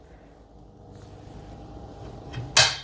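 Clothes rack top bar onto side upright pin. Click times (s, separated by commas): 2.6 s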